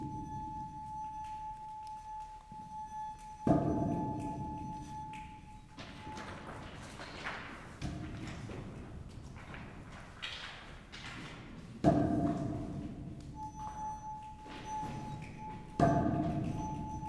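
Inside a highly resonant underground chamber in an abandoned mine, heavy thuds land every two to four seconds, near 3.5, 6, 8, 12 and 16 seconds, each leaving a long rumbling decay. A steady pure ringing tone hums through the first six seconds and returns near the end.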